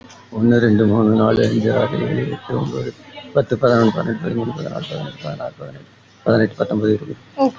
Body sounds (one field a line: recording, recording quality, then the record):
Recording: counting at a fast pace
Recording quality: excellent, no background noise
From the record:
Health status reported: respiratory illness, not identified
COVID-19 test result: negative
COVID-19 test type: RT-PCR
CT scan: not taken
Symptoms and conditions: cough, cold, breathing difficulty, fever, asthma, chronic lung disease, another respiratory illness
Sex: male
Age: 51 years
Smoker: no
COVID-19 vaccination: none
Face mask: not worn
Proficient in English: no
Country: India